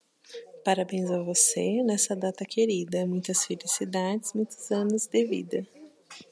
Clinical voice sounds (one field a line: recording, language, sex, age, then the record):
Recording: short text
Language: Brazilian Portuguese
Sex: female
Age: 30 to 39 years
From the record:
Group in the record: control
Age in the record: 31 years